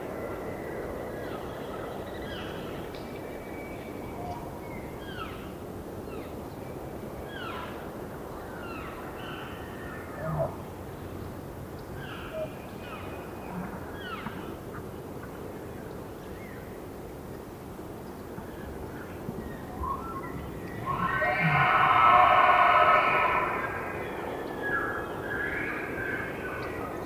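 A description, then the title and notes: Elk call over a steady low rumble, with scattered short chirps and mews coming every second or two through the first two-thirds. Around the twenty-second mark a bull lets out a louder, drawn-out bugling whistle lasting a couple of seconds, then brief chirps resume. Elk Bull Distant Roars. It was rutting season in the Colockum Wildlife area. Down-mixed to stereo (from double-m/s). Elk, mostly bulls bugling, screaming, roaring, whistling, and chirping. Occasional high-pitched mews from the cows can be heard.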